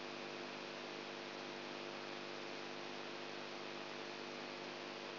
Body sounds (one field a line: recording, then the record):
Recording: brain microelectrode recording played as sound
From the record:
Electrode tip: outside the subthalamic nucleus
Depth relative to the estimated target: -3 mm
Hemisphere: right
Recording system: AlphaMap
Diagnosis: Parkinson's disease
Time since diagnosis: 20 years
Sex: female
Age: 64 years